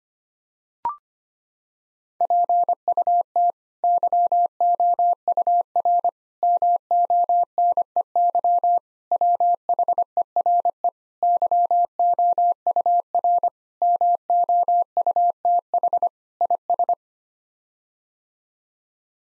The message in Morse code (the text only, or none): PUT YOUR MONEY WHERE YOUR MOUTH IS